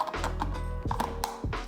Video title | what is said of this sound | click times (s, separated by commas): Building My Sony A7IV My Cinema Rig | like so. You heard the click, right? | 1.2 s